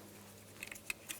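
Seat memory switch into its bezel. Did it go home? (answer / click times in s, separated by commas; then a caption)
no / none. A seat memory switch from a 2009–2019 Ford Flex door is handled next to its plastic bezel, about to be pressed in. Faint hum runs under several small sharp plastic ticks at about 0.6, 0.7, 0.9, 1.1 and 1.3 s. Nothing has seated or clicked yet.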